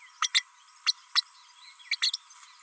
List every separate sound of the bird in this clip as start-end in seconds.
0.22-0.28, 0.34-0.42, 0.86-0.93, 1.15-1.22, 1.91-1.96, 2.02-2.11